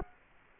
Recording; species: mosquito wingbeat signal from an infrared sensor; Culex quinquefasciatus